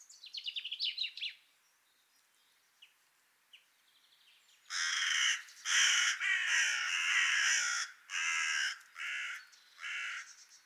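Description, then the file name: Carrion crow calls: after a second or so of thin chirps from a small bird and a pause, a run of hoarse, raspy caws begins, some long and some clipped short. "Corvus corone"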